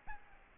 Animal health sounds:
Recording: mosquito wingbeat signal from an infrared sensor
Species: Aedes albopictus

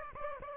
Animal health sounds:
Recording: mosquito wingbeat signal from an infrared sensor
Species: Aedes aegypti

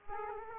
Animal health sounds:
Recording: mosquito wingbeat signal from an infrared sensor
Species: Aedes aegypti

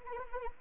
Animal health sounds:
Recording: mosquito wingbeat signal from an infrared sensor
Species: Anopheles arabiensis

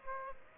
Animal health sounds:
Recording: mosquito wingbeat signal from an infrared sensor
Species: Aedes aegypti

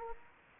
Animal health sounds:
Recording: mosquito wingbeat signal from an infrared sensor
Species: Anopheles gambiae

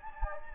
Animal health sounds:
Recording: mosquito wingbeat signal from an infrared sensor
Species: Anopheles gambiae

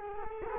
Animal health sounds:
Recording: mosquito wingbeat signal from an infrared sensor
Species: Culex quinquefasciatus

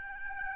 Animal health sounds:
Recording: mosquito wingbeat signal from an infrared sensor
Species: Aedes albopictus

